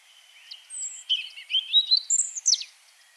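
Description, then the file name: European robin song: a thin drawn-out whistle followed by a wavering, rising and falling warble ending in quick high flourishes. "Erithacus rubecula"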